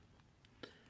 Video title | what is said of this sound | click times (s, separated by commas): Marvel Legends Guardians of the Galaxy: Gamora Mantis BAF Wave | just pops right in easy | 0.6 s